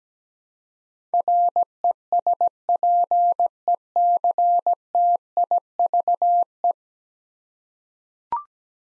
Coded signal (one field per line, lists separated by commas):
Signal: Morse code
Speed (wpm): 17 wpm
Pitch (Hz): 700 Hz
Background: none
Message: RESPECTIVE